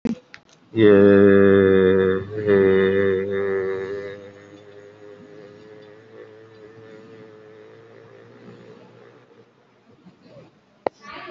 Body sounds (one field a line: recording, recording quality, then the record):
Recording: sustained vowel as in made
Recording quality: excellent, no background noise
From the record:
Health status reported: COVID-19 positive, moderate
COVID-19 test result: positive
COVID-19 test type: RT-PCR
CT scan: taken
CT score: 5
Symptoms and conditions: cough, cold, breathing difficulty, sore throat, fever, fatigue, muscle pain, loss of smell and taste, pneumonia, another condition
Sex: male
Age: 60 years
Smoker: yes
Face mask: worn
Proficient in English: yes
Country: India